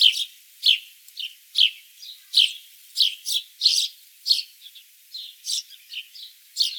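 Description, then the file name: House sparrow chirping, short bright notes in an uneven run, with no other sounds. "Passer domesticus"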